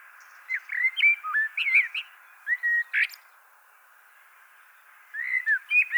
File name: Turdus merula